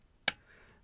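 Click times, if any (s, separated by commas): 0.3 s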